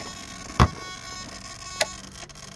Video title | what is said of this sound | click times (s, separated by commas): Bruder A60H Features - Bryan T. | right there is it just kind of pushes into place clips in there | 0.6 s, 1.8 s